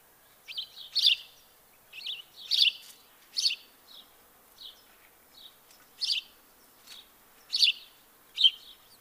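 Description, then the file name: House sparrow calling with paired and single chirps at uneven intervals, some louder notes standing out over quieter ones. "Passer domesticus"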